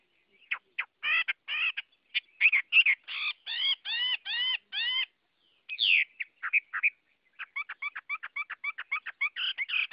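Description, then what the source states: Chinese hwamei song: series of rich, harmonic chopped notes repeated in quick runs, a brief pause, then faster twittering phrases. Chinese hwamei singing in the wild forest-voice song style (giọng rừng).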